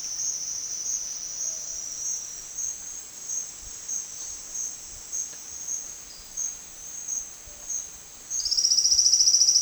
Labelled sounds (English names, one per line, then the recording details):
none
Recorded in dense forest near Puerto Asís, Putumayo, Colombia, on 27 June 2025 at 12:00
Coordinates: 0.468, -76.322
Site GP03